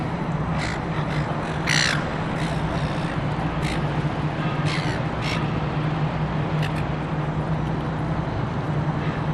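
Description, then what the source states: Gulls giving short harsh calls several times over a loud steady city rumble. Seagulls at Darling Harbour, Sydney, Australia, with distant city hum.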